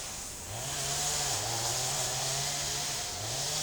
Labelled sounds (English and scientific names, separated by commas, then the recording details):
none
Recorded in secondary vegetation near Puerto Asís, Putumayo, Colombia, on 20 December 2024 at 11:00
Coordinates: 0.489, -76.322
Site G059